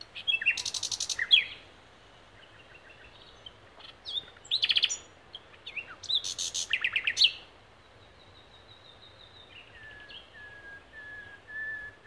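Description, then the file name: Common nightingale song: loud bursts of harsh rattles and slurred notes, then a series of soft, level piping whistles. "Luscinia megarhynchos"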